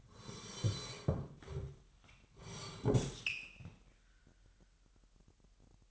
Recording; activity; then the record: daily activity, microphone in the room; sit down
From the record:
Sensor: 3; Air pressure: 998.5 hPa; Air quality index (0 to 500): 128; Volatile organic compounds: 3 ppm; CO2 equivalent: 1534 ppm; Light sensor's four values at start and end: 10/21/9/11 and 8/19/8/8